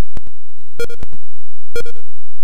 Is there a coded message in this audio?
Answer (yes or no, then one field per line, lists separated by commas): no